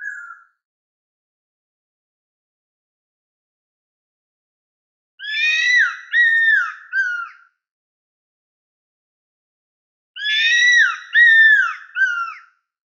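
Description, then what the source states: Cuckoo-roller calls: a brief note at the start, then two bursts of three or four falling whistled notes, a few seconds apart. Madagascar.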